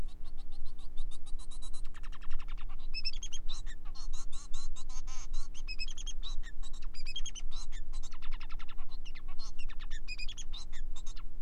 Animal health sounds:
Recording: song of a male Bengalese finch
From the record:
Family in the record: son of father 4

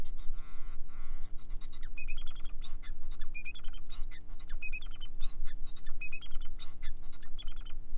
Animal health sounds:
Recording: song of a male Bengalese finch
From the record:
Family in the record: son of father 4

